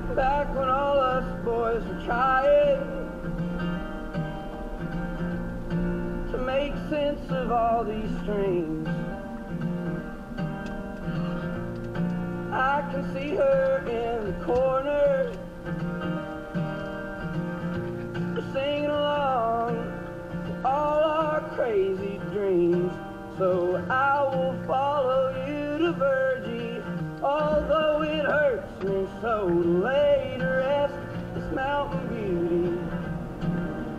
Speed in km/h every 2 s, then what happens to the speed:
48, 48, 42, 37, 29, 26, 24, 18, 16, 13, 6, 0, 0, 0, 0, 13, 21.
2-21 slows to 0. 21-29 standing. 29-34 pulls away to 21.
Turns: none.